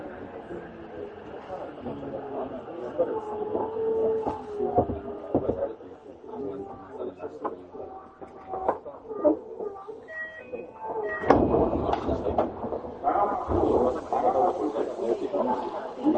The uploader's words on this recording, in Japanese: 東京メトロ7000系 新木場〜練馬。車体は20m両開き4扉のアルミニウム合金製。